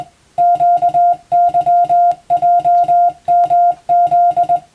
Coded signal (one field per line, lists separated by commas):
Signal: Morse code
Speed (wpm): 20 wpm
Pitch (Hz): 700 Hz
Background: music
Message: QYJMZ